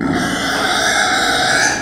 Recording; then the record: squeal of a Yucatan mini pig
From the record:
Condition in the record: before surgery on the right vocal fold (resection and tissue-engineered implant); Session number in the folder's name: 3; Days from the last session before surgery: 0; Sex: female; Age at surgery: 19 weeks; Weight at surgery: 25 kg